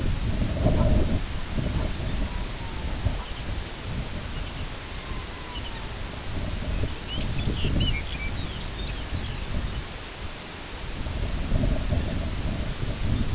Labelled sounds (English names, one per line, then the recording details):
unidentified sound
Red-throated Loon
Lapland Longspur
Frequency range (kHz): Red-throated Loon 0.7-2.4 kHz; Lapland Longspur 2.0-6.6 kHz
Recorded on Arctic tundra, site IGLO-B, on 22 June 2018
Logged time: 21:59